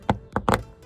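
A plastic plug is pushed into the license plate hole of a front bumper on a BMW M5 after the hole was warmed with a hair dryer. A few short sharp taps and pops are heard, with the plug clicking into place at 0.4 s and 0.5 s. It ends up seated perfectly flush.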